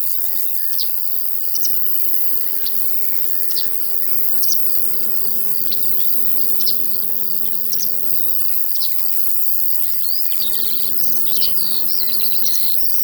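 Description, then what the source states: Cricket chirping forms a constant shrill high drone beneath busy bird twittering, with short sharp whistled notes scattered throughout. In a field, with larks heard alongside the crickets.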